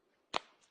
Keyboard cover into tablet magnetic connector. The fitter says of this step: click you heard that it's solid